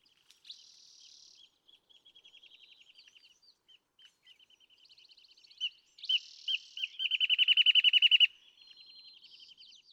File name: Wrentit